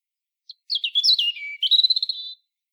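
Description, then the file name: European robin gives a short, high, sweet warbling phrase: a brief thin note, then quick tumbling notes, ending in a rapid trill. "Erithacus rubecula"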